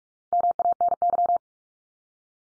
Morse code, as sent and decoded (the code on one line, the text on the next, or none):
-- .- -. -.--
MANY